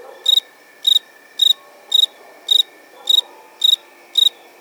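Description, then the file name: Cricket chirping, short high pulsed chirps repeated steadily about twice a second, with a faint continuous hum beneath. "Grillo"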